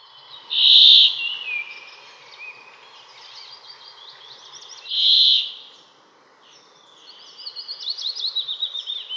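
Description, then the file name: Brambling repeating its harsh, nasal buzz twice about four seconds apart, with thin chirps and a rapid twittering series. "Kvaekerfinke"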